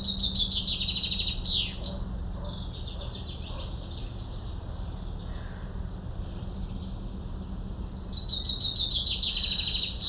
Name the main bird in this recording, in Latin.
Fringilla coelebs